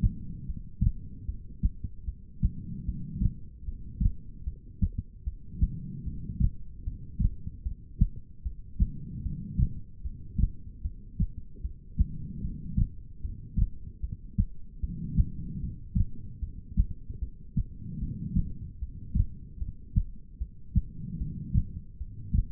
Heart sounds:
heart sounds by stethoscope; 75 bpm
0.46 s: heartbeat
1.26 s: heartbeat
2.05 s: heartbeat
2.85 s: heartbeat
3.65 s: heartbeat
4.44 s: heartbeat
5.24 s: heartbeat
6.04 s: heartbeat
6.84 s: heartbeat
7.63 s: heartbeat
8.43 s: heartbeat
9.22 s: heartbeat
10.02 s: heartbeat
10.82 s: heartbeat
11.62 s: heartbeat
12.41 s: heartbeat
13.21 s: heartbeat
14.01 s: heartbeat
14.80 s: heartbeat
15.60 s: heartbeat
16.40 s: heartbeat
17.19 s: heartbeat
17.99 s: heartbeat
18.79 s: heartbeat
19.58 s: heartbeat
20.38 s: heartbeat
21.18 s: heartbeat
21.98 s: heartbeat
From the record:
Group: heart failure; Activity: rest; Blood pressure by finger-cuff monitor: 111/84 mmHg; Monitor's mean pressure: 94 mmHg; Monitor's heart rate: 75 bpm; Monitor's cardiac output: 4.3 L/min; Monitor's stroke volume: 57 mL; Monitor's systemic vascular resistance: 1600 dyn s/cm5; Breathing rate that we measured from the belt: 20 breaths a minute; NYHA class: 2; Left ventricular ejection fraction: 58%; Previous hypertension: present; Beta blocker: bisoprolol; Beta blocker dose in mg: 5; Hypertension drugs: ramipril, spironolactone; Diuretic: furosemide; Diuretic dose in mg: 160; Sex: female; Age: 55 years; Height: 155 cm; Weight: 67 kg

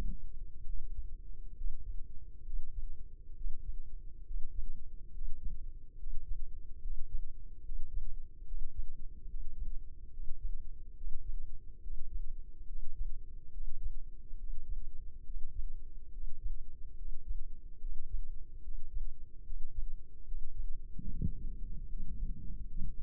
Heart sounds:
heart sounds by microphone in the left ear; 71 bpm
0.63 s: heartbeat
1.54 s: heartbeat
2.43 s: heartbeat
3.33 s: heartbeat
4.23 s: heartbeat
5.10 s: heartbeat
5.96 s: heartbeat
6.79 s: heartbeat
7.61 s: heartbeat
8.44 s: heartbeat
9.26 s: heartbeat
10.09 s: heartbeat
10.94 s: heartbeat
11.80 s: heartbeat
12.65 s: heartbeat
13.50 s: heartbeat
14.36 s: heartbeat
15.23 s: heartbeat
16.10 s: heartbeat
16.95 s: heartbeat
17.78 s: heartbeat
18.61 s: heartbeat
19.42 s: heartbeat
20.24 s: heartbeat
21.06 s: heartbeat
21.84 s: heartbeat
22.64 s: heartbeat
From the record:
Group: healthy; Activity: breath hold 0-20 s, rest 20-23 s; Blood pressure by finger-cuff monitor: 93/56 mmHg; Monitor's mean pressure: 66 mmHg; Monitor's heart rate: 70 bpm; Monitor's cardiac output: 4.8 L/min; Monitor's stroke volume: 69 mL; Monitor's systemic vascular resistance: 960 dyn s/cm5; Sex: male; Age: 20 years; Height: 167 cm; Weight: 61 kg

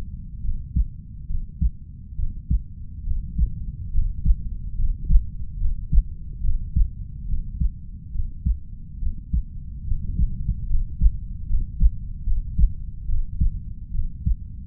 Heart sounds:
heart sounds by stethoscope; 71 bpm
0.40 s: heartbeat
1.26 s: heartbeat
2.15 s: heartbeat
3.03 s: heartbeat
3.90 s: heartbeat
4.75 s: heartbeat
5.57 s: heartbeat
6.40 s: heartbeat
7.25 s: heartbeat
8.11 s: heartbeat
8.98 s: heartbeat
9.83 s: heartbeat
10.66 s: heartbeat
11.46 s: heartbeat
12.23 s: heartbeat
13.05 s: heartbeat
13.91 s: heartbeat
From the record:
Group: healthy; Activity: rest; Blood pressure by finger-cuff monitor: 110/56 mmHg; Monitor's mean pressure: 71 mmHg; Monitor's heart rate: 71 bpm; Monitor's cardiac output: 5.9 L/min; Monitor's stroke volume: 82 mL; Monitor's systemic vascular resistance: 870 dyn s/cm5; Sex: female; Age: 32 years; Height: 168 cm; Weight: 61.9 kg

